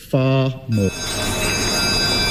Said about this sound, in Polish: Dzwonek rozpoczyna minutę ciszy, która rozlega się głuchym echem po izbie, a po ciszy debata na temat bezpieczeństwa.